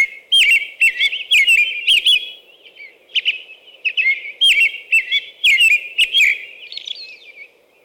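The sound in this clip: American robin song, two bursts of rich whistled caroling phrases, about two per second, with a brief softer pause in between.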